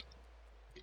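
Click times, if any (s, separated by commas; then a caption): 0.0 s, 0.1 s, 0.8 s. A petrol filler cap on a Maruti Suzuki Alto K10 is put back into the car's fuel filler neck and turned to lock, its ratchet making short clicks at 0.0, 0.1 and 0.8 seconds. The clicks confirm the cap is fully locked.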